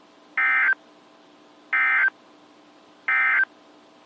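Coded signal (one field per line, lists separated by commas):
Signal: Emergency Alert System (SAME) tones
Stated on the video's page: Weather radio alerts received from NOAA stations in Miamisburg Ohio, Pittsburgh Pennsylvania and Chicago Illinois.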